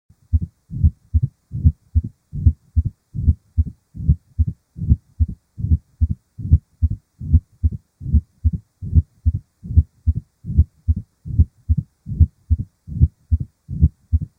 Mitral stenosis: a clicking sound as the valve opens followed by a decrescendo-crescendo diastolic murmur.